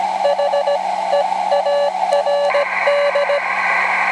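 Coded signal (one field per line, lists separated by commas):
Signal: Morse code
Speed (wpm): 17 wpm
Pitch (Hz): 570 Hz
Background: radio noise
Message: HEARD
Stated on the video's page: QRP field operation QSO.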